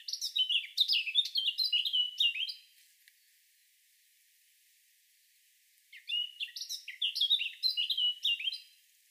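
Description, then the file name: Eurasian blackcap singing: the end of one quick, varied warbling phrase, roughly three seconds of quiet, then another such phrase of about three seconds. "Sylvia atricapilla"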